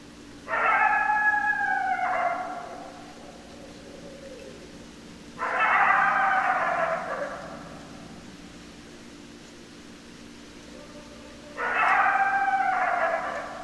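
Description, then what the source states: Coyotes giving three chorus bouts of wavering, overlapping howls and yips, each about two seconds long and spaced several seconds apart, with a faint low hum. Several coyotes, recorded 10 December 2012.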